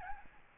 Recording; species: mosquito wingbeat signal from an infrared sensor; Aedes albopictus